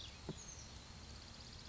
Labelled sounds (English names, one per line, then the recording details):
Oak Titmouse
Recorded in Sonoma County, California